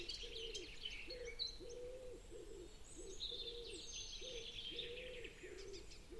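Bird giving a low, soft cooing or hooting note repeated in a steady series, with thin high chirps and whistles above it.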